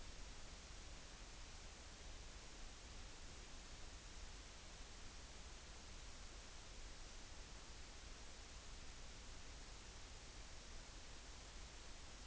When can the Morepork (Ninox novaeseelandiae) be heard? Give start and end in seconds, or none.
none